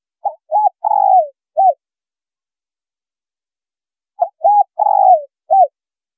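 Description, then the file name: Spotted dove cooing: two phrases of two short notes, a long drawn-out falling coo, then a final short note, separated by a long pause. Female bird. "Tieng cu gay mai"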